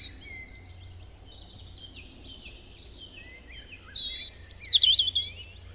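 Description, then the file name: European robin with faint, scratchy high warbling at first, then a loud burst of rapid, zigzagging high notes near the end, over background noise. "Erithacus rubecula"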